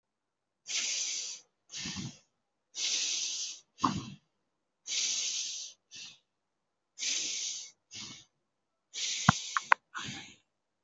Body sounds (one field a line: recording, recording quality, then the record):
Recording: deep breathing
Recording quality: excellent, no background noise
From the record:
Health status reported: healthy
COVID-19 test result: not tested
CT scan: not taken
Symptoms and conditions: none ticked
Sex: male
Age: 25 years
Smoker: yes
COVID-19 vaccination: one dose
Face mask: worn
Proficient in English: yes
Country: India